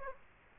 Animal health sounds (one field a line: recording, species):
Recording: mosquito wingbeat signal from an infrared sensor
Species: Culex quinquefasciatus